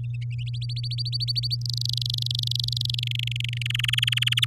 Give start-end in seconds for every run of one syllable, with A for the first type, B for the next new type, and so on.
0.46-1.56 A, 1.61-3.00 B, 3.03-3.58 C, 3.61-4.45 D